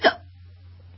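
A single short, sharp vocal burst at the very start from a young adult woman, then quiet with a low steady hum in the background. One hiccup, an involuntary spasm of the diaphragm with abrupt closure of the vocal cords, late in a bout of hiccups that seem to be easing and about to stop.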